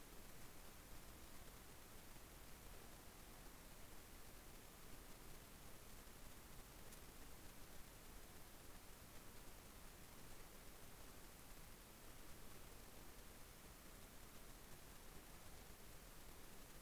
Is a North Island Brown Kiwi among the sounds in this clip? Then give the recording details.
no. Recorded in New Zealand on 18 December 2013. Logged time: 22:59. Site CJ71